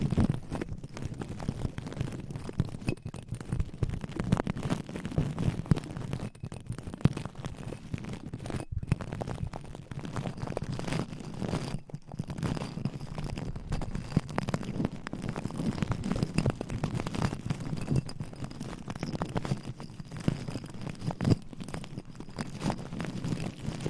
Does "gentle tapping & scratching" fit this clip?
yes